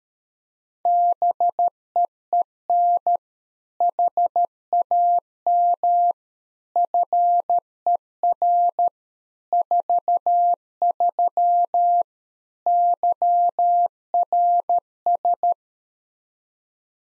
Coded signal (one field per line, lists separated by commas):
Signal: Morse code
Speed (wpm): 13 wpm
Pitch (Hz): 700 Hz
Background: none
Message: BEEN HAM FER 43 YRS